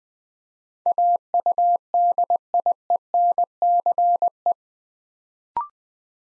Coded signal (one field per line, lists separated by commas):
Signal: Morse code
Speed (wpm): 20 wpm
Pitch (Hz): 700 Hz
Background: none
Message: AUDIENCE